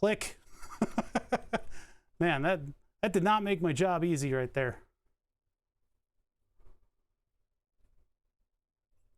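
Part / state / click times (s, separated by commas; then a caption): crimped wire terminal into connector housing / not seated / none. While wiring a PC power supply, a crimped wire terminal whose crimp came out crooked is pushed into a plastic connector housing. Someone talks over quick light taps around 0.8 to 1.3 seconds, then the clip goes nearly silent except for faint soft sounds near 6.6 and 7.9 seconds. No click is heard, and the terminal has not clicked into the connector yet.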